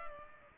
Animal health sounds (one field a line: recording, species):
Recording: mosquito wingbeat signal from an infrared sensor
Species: Culex pipiens